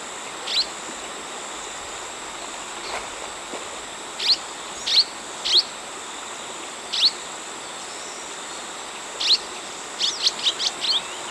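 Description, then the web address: Southern rough-winged swallow calls: short sharp upward notes given singly or in quick clusters of three or four, over a steady high insect drone. Recorded in Ecuador. "Birds of Ecuador. Southern Rough-Winged Swallow"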